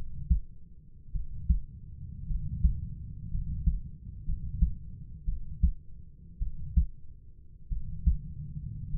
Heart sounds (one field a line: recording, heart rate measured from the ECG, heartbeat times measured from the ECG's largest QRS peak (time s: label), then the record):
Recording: heart sounds by stethoscope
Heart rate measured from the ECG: 54 bpm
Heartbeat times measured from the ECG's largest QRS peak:
1.12 s: heartbeat
2.27 s: heartbeat
3.31 s: heartbeat
4.25 s: heartbeat
5.25 s: heartbeat
6.39 s: heartbeat
7.69 s: heartbeat
8.91 s: heartbeat
From the record:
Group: healthy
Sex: male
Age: 25 years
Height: 170 cm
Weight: 70.4 kg